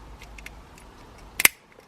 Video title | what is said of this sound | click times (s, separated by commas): FINALLY BUILDING THE E92 M3! | there you are and then you go ahead and take your throne put it back on click | 1.4 s, 1.5 s